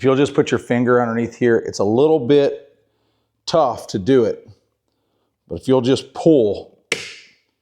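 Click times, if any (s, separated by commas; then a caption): 6.9 s. Someone talks while putting a finger under the plastic release tab on one side of the telescoping handle of a Flex Stack Pack 1-drawer rolling toolbox drawer unit and pulling, which takes a bit of effort. At 6.9 s the handle release latch clicks open with a sharp, bright snap that fades quickly, and the latch is released.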